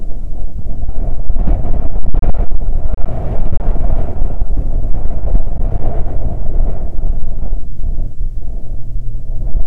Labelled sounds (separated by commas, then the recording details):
wind
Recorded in the Prudhoe Bay oil fields, Alaska, on 13 July 2019 at 08:18
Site 16